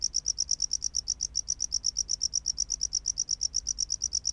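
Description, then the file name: Tropical house cricket song, a steady train of short high chirps repeated about three times a second, with no other clear sounds. "Bio Acoustica Gryllodes sigillatus"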